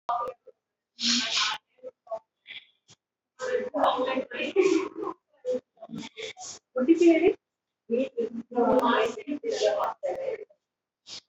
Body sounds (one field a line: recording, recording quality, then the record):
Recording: shallow breathing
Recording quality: poor, much background noise or distortion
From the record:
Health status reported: recovered from COVID-19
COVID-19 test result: positive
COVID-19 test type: RT-PCR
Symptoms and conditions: cough, cold, sore throat, fever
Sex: female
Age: 31 years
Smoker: no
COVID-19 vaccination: both doses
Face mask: worn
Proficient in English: yes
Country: India